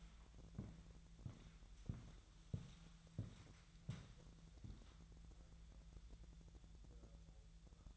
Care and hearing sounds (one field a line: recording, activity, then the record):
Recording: daily activity, microphone in the room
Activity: walk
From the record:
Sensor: 3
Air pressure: 1001.9 hPa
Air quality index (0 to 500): 244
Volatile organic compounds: 117 ppm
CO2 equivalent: 3857 ppm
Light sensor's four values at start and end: 9/21/9/9 and 9/21/9/9